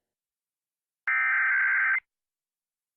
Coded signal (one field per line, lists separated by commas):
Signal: Emergency Alert System (SAME) tones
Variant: header bursts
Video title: Nebraska EAS Alert: Required Monthly Test (08/15/2023) EAS #27